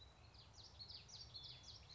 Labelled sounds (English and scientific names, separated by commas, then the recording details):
Common Yellowthroat (Geothlypis trichas)
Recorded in Sonoma County, California